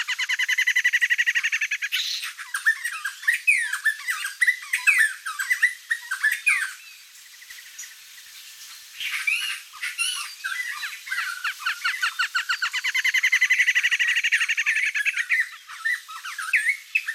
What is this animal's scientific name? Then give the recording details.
Campylorhynchus rufinucha. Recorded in the wild. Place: La Pacifica, San José, Umgebung Hotel, CR. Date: 1992-04-15. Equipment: Dat-Recorder Casio DA 7, Telinga DAT, Telinga-Parabolspiegel. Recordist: Schwarz, Dieter